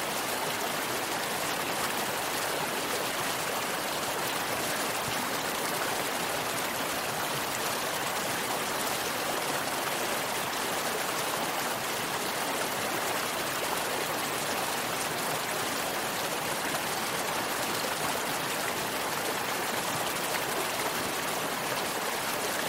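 River rapids rush in a steady, dense roar of churning water, hissy and bright, holding constant with no pauses or distinct events.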